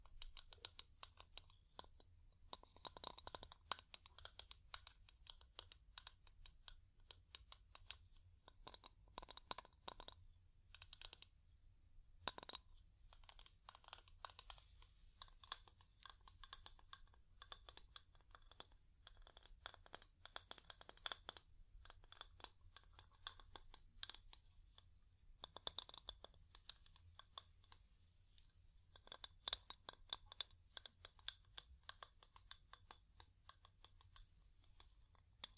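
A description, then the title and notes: Wood tapping in quick, irregular bursts of light clicks, like fingers drumming on a hard wooden surface. The taps run almost continuously, with brief pauses near 11 and 25 seconds. A low, steady hum sits underneath throughout. ASMR Calming Wood Tapping (No Talking).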